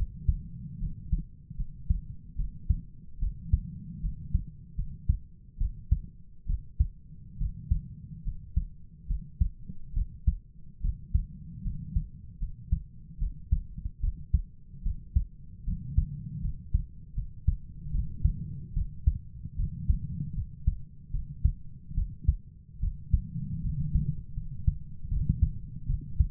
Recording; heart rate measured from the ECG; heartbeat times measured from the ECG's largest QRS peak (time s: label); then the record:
heart sounds by stethoscope; 74 bpm
0.80 s: heartbeat
1.57 s: heartbeat
2.37 s: heartbeat
3.20 s: heartbeat
4.02 s: heartbeat
4.76 s: heartbeat
5.59 s: heartbeat
6.47 s: heartbeat
7.39 s: heartbeat
8.25 s: heartbeat
9.08 s: heartbeat
9.94 s: heartbeat
10.82 s: heartbeat
11.64 s: heartbeat
12.40 s: heartbeat
13.19 s: heartbeat
14.01 s: heartbeat
14.83 s: heartbeat
15.65 s: heartbeat
16.42 s: heartbeat
17.15 s: heartbeat
17.92 s: heartbeat
18.74 s: heartbeat
19.57 s: heartbeat
20.35 s: heartbeat
21.12 s: heartbeat
21.95 s: heartbeat
22.81 s: heartbeat
23.63 s: heartbeat
24.35 s: heartbeat
25.09 s: heartbeat
25.87 s: heartbeat
From the record:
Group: healthy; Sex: female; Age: 22 years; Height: 160 cm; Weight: 63 kg